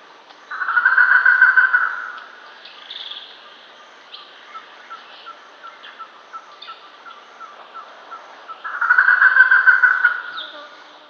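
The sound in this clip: Germain's peacock-pheasant cackling call with two loud, quick rattling bursts, one early and one late, joined by a steady series of soft clucks roughly three a second.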